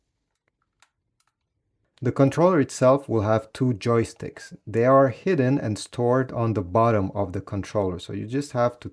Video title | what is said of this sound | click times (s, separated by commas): How to Setup & Use Your DJI Mini 4K : Step by Step Guide | You simply have to put it this way and make sure that it clicks in place. | 0.8 s